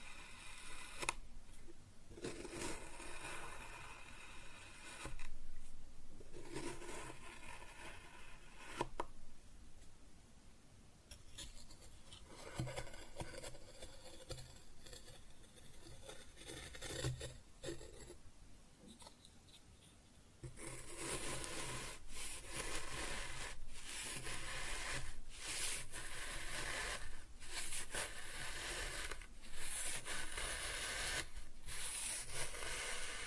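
Kinetic sand is cut and scooped in a run of soft, grainy rubbing and scraping strokes, irregular and fairly dense. After about twenty seconds the texture turns brighter and louder, with sharper crumbly scrapes recurring every second or two until the end.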